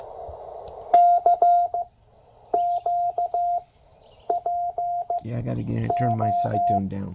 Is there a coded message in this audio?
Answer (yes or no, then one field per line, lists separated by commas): yes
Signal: Morse code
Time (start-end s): 0.9-6.8 s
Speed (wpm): 15 wpm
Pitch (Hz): 690 Hz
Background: speech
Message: K Q P O